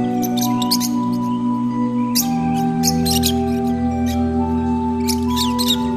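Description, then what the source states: Scattered lovebird squeaks and shrill chirps in short clusters separated by quieter moments, with a persistent low droning hum. Lovebirds, used for audio therapy.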